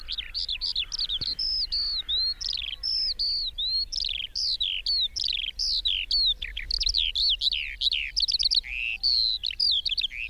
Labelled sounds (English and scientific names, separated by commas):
Eurasian Skylark (Alauda arvensis) flight song